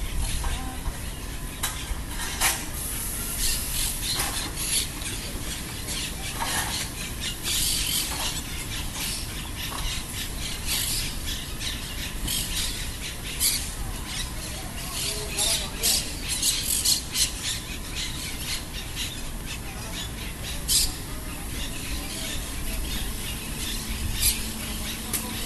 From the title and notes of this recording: Parrots on Lincoln Rd. By Juraj Kojš.